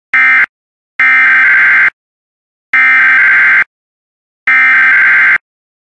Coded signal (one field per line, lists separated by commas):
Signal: Emergency Alert System (SAME) tones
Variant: header bursts